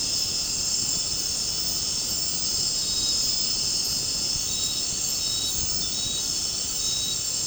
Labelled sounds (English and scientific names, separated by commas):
none